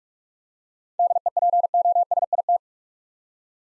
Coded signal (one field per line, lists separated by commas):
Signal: Morse code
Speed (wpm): 46 wpm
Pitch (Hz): 700 Hz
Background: none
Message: DEPOSIT